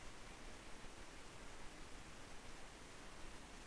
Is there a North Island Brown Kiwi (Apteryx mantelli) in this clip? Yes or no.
no